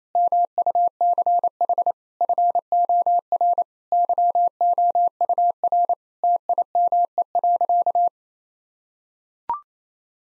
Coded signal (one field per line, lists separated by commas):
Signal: Morse code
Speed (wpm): 28 wpm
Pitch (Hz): 700 Hz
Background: none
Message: MUCH FOR YOUR TIME.